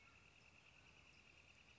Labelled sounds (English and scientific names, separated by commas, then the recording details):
Northern Flicker (Colaptes auratus)
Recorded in Sonoma County, California